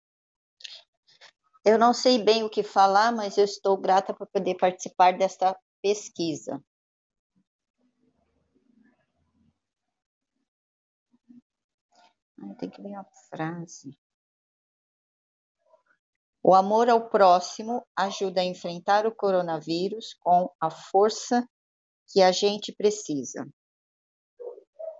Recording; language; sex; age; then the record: spoken sentence; Brazilian Portuguese; female; 50 to 59 years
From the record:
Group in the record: control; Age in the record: 58 years